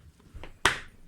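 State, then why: Seated. The latch on the lid of a padded, weatherproof plastic eyepiece hard case, made for 70 to 72 degree Pentax XW and TeleVue Delos eyepieces, is closed. Two faint knocks come before it snaps shut with one sharp, loud click at 0.7 s. The latch is seated and the case is shut.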